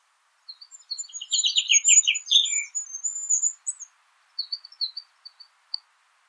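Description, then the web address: Bird twittering with high thin notes and a descending series of buzzy chirps, followed by scattered short high chirps. "birddata Deverinetal 2025"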